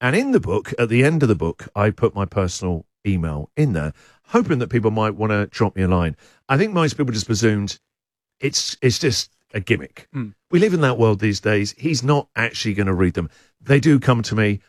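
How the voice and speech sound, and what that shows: A man, a radio host, speaks fluently in a relaxed, low-pitched voice, with one ordinary word repeat; typical adult speech.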